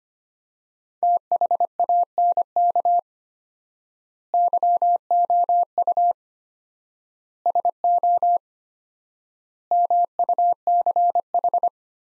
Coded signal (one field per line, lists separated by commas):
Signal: Morse code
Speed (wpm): 25 wpm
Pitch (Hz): 700 Hz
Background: none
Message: THANK YOU SO MUCH